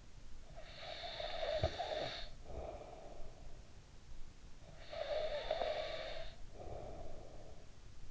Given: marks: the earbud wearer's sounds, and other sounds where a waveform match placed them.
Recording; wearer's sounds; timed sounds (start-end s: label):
sounds in sleep by an in-ear microphone; snoring breath
0.26-4.09 s: snoring breath
4.20-8.11 s: snoring breath